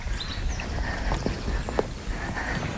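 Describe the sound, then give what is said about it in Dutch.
Horse hooves clip-clop in a loose, uneven series of hollow knocks over a steady outdoor hiss, with faint high bird chirps in the background and no one speaking. “Kijk hoor, als het goed is, zit hier een paardje tussendoor.”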